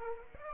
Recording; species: mosquito wingbeat signal from an infrared sensor; Aedes aegypti